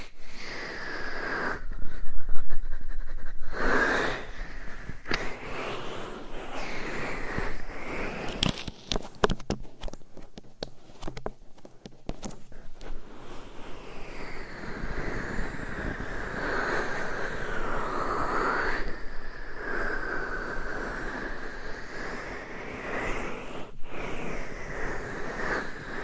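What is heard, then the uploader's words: Mic scratching and rubbing fill the clip with a dense, continuous rustling hiss that swells and fades in slow sweeps. Around 8 to 12 seconds it breaks into quick, irregular crackles and taps, then returns to smoother brushing with a sharp tap near 24 seconds. ASMR Mic Scratching , Massage & Tapping in Your Ears. No Talking.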